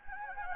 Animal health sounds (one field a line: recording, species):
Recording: mosquito wingbeat signal from an infrared sensor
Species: Anopheles gambiae